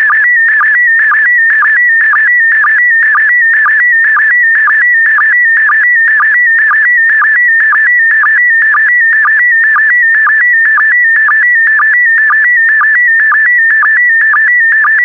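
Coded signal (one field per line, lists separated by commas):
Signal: SSTV (slow-scan television)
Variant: PD120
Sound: warbling tone around two kilohertz with rhythmic low chirps about twice a second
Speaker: 5, 4, 3, 2, 1. Thank you. Transmission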